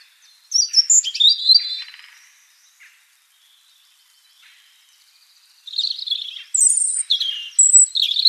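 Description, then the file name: European robin with a sparkling high phrase, a pause of several seconds, then a longer sequence of thin whistles and falling slurs. "Erithacus rubecula"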